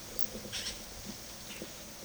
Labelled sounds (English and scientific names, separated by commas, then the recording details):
Yellow-rumped Cacique (Cacicus cela)
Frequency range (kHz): Yellow-rumped Cacique (Cacicus cela) 1.1-11.0 kHz
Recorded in secondary vegetation near Puerto Asís, Putumayo, Colombia, on 24 June 2025 at 15:00
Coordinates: 0.489, -76.322
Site G021